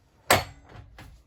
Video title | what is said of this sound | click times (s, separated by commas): 2021 Avenger 27RKS Stock# 12721 | you hear that click you can set it there and bring it back again for another click and | 0.3 s